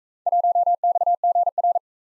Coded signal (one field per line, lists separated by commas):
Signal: Morse code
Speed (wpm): 38 wpm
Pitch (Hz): 700 Hz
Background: none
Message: 1XGR